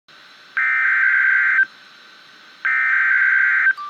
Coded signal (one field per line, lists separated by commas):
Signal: Emergency Alert System (SAME) tones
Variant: header bursts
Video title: REAL EAS 424-Severe thunderstorm warning